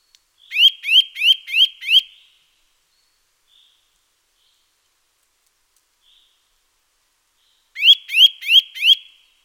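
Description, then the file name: Eurasian nuthatch giving two runs of loud, sharp, upslurred whistles, five then four notes, with a long quiet gap between. "Sitta europaea"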